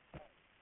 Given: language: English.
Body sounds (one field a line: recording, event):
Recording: throat vibration sensor signal played as sound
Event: cough